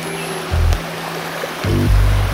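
Rushing water of the Neisse, a border river with Poland, flows steadily around a 4.70-metre Canadian-class canoe drifting through the Klosterwald forest. A continuous hiss of rapids with rocks in the water, while low droning tones swell twice beneath it.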